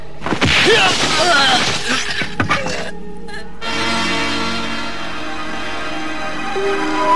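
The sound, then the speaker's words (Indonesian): A loud punch lands squarely in the middle of a chest with a sharp, crashing, shatter-like burst, followed by a few scattered smaller hits and a steady low hum that lingers to the end. “Pukulan Ki Jero mantap telak di tengah-tengah dada Gentor.”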